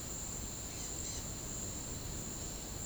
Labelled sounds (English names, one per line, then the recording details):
none
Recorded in pastures near Puerto Asís, Putumayo, Colombia, on 12 March 2025 at 10:00
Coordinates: 0.505, -76.324
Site GP08